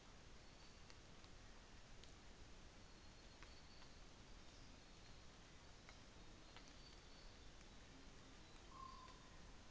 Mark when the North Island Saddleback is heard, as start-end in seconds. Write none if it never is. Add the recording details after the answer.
none. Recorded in New Zealand on 24 December 2018. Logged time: 11:00